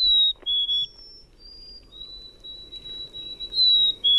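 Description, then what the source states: Chickadee whistled song: clear, high, pure notes, a note followed by a slightly lower one, given twice with fainter whistles between. Played back as a recording.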